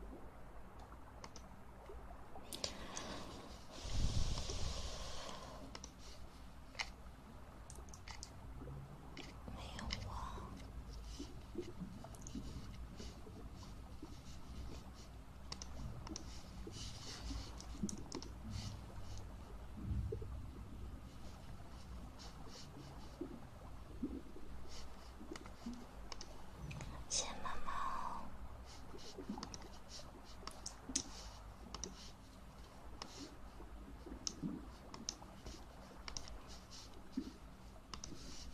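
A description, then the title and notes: Breathing and soft blowing into the ear, with airy gusts that swell around 4 seconds and again near 27 seconds. Between them come dense, quick clicks and light rustles, plus faint murmuring. Breathing, Ear Blowing.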